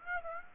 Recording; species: mosquito wingbeat signal from an infrared sensor; Aedes aegypti